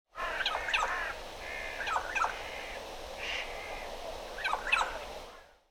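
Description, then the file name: Eurasian jay giving harsh, raspy calls in a few clusters. "Garrulus glandarius"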